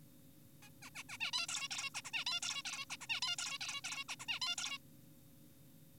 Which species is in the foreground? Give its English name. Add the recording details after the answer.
Zebra Finch. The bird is an adult. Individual g4p5U